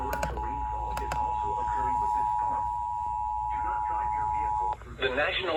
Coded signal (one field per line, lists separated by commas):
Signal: Emergency Alert System (SAME) tones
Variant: 853 and 960 Hz attention tone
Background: speech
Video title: Early Summer Madness | EAS Alerts from 6/14/2026 (EAS #256-290)